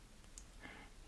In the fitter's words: it like this until you get a click then it's insert it has